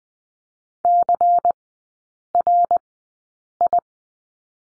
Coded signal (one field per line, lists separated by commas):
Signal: Morse code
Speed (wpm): 20 wpm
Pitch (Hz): 700 Hz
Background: none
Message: CRI